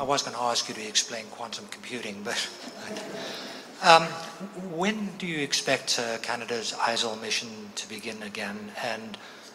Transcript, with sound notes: I was going to ask you to explain quantum computing but.. [trails off as audience laughs] When do you expect Canada's ISIL mission to begin again